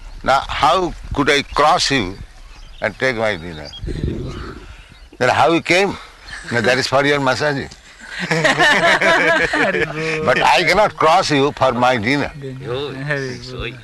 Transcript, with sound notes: "Now, how could I cross you and take my dinner?" "Then how you came?" "No, that is for Your massaging. [laughter] But I cannot cross You for my dinner."
Yes.